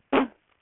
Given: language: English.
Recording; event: throat vibration sensor signal played as sound; cough